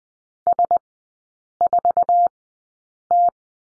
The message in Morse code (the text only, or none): S4T